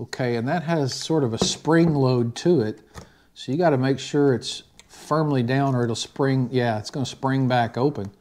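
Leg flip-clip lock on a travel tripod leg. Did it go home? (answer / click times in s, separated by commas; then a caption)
no / none. Someone talks while handling the spring-loaded flip-clip leg lock on a travel tripod leg, which has to be pressed firmly down or it springs back open. No click is heard; the lock has not clicked shut yet.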